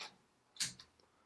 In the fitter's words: And then when you release it, the battery just pops out like so.